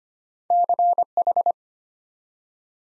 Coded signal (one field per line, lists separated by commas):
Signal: Morse code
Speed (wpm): 25 wpm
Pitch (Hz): 700 Hz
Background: none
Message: CH